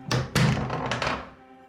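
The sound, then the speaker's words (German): A door being opened: a pair of heavy wooden thunks, then two softer clunks, each with a low, booming resonance that lingers and fades out. “Öffnet die Tür!”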